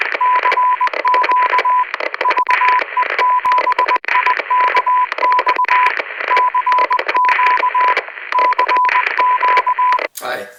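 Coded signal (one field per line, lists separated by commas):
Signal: Morse code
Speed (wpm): 20 wpm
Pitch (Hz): 1000 Hz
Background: speech, radio noise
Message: CQ VE7IKX CQ CQ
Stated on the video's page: Morse heard during a demo of a Baofeng UV-5R handheld.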